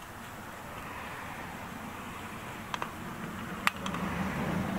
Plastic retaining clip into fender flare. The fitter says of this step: the click and just the other side - and they're all